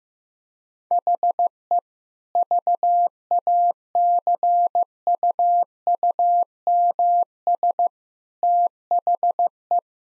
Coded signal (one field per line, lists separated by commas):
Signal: Morse code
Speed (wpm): 15 wpm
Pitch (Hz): 700 Hz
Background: none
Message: HE VACUUMS THE